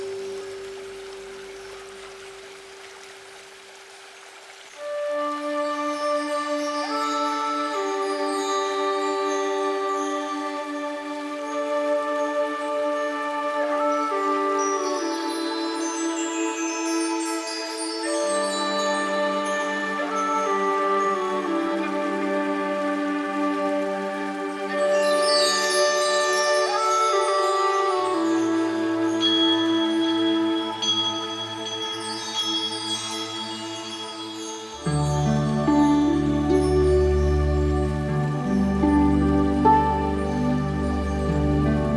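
Slow meditation music of held synth chords shifting every several seconds, with bright twinkling runs and a fuller, deeper bass entering near the end.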